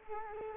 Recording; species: mosquito wingbeat signal from an infrared sensor; Culex quinquefasciatus